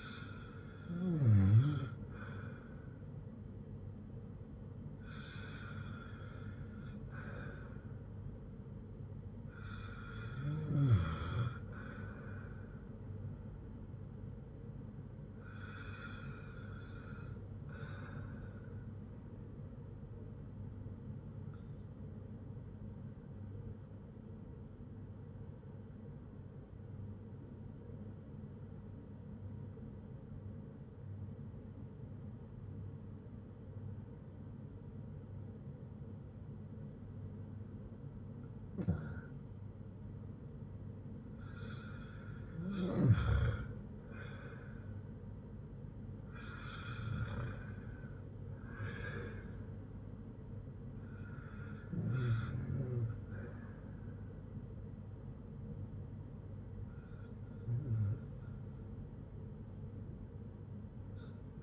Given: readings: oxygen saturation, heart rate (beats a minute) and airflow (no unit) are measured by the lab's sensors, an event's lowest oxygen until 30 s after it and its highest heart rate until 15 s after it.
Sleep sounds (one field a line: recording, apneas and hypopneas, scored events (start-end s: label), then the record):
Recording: breathing in sleep by a smartphone at the bedside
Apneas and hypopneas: 1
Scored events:
26.00-41.10 s: obstructive apnea (REM, oxygen 95% highest, then 92% lowest, heart rate 57 at the start, 65 highest)
From the record:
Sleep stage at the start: REM sleep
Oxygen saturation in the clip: 89 to 97%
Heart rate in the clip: 57 to 65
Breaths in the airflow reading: 9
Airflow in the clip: -7.1 to 7.4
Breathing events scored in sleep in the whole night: 182 in 7.4 hours asleep